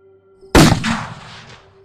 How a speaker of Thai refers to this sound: เสียงปืนพระราม6ดังระเบิดแผดขึ้นลูกกระสุนวิ่งแหวกอากาศเข้าไปปะทะยังแผ่นอกของอสุรกาย